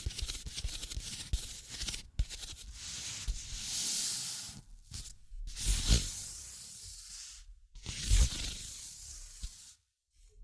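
Scratching and tracing sounds, bright and hissy, come in strokes of a second or two separated by short silences near 2, 4.7, 7.5 and 9.8 seconds. Sharp taps and clicks break in irregularly, a few landing with a low thump around 6 and 8 seconds.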